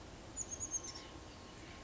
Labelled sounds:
Oak Titmouse
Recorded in Sonoma County, California

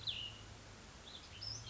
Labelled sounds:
Cassin's Vireo
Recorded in Sonoma County, California

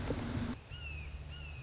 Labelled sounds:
Red-shouldered Hawk
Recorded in Sonoma County, California

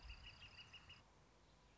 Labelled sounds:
Northern Flicker
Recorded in Sonoma County, California

